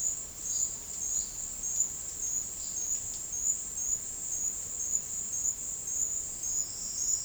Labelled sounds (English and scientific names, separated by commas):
none